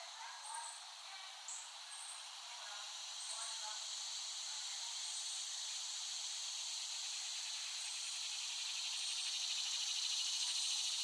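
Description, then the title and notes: Cicada chorus as a high buzz that builds gradually louder, with a few faint short higher notes scattered throughout. Cicadas recorded by Dan Bodah in West Brighton, Staten Island, in late summer 2008. "Dronecast No. 021: The Cicadas of Summer. Recording of cicadas made by Dan Bodah in West Brighton, Staten Island, late summer 2008"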